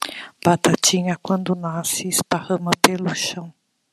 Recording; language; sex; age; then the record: short text; Brazilian Portuguese; female; 50 to 59 years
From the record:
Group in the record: control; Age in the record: 51 years